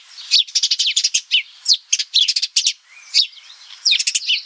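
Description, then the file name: House sparrow, rapid bursts of bright chirps and chattering notes with brief gaps, continuing throughout. "Passer domesticus"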